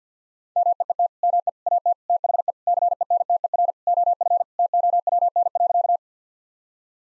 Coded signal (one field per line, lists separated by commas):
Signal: Morse code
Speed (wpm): 48 wpm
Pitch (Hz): 700 Hz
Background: none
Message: MEET ME AT THE CENTER OF TOWN.